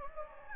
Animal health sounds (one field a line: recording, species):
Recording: mosquito wingbeat signal from an infrared sensor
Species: Anopheles gambiae